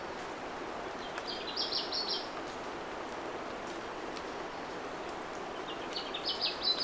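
Papuan scrubwren twittering: two short bursts of thin, high, rapidly repeated notes separated by several seconds of hissing background noise.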